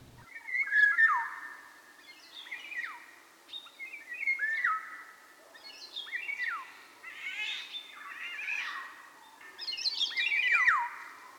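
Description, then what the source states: Eurasian golden oriole calls: harsh, chattering notes sliding downward, given in bursts every couple of seconds, with short high-pitched notes mixed in. Recorded at Kondor-tó; excited males and females giving harsh chattering calls, with very high, short notes of young males learning to sing from older males.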